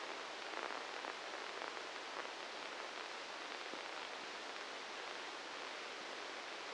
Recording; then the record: brain microelectrode recording played as sound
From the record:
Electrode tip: inside the subthalamic nucleus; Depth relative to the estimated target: -3 mm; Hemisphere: left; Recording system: NeuroSet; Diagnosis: Parkinson's disease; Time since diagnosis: 7 years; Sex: male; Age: 44 years